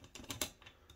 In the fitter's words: look at you see it locked in place